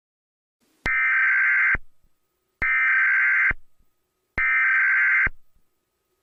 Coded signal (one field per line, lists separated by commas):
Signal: Emergency Alert System (SAME) tones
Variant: header bursts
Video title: EAS Scenario #7 - Moons Dreadful Reign